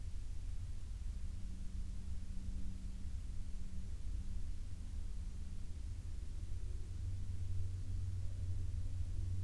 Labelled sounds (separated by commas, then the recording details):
aircraft
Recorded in the Prudhoe Bay oil fields, Alaska, on 12 May 2019 at 06:58
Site 16